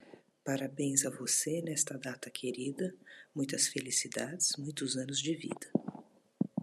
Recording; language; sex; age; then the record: short text; Brazilian Portuguese; female; 50 to 59 years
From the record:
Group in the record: control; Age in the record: 59 years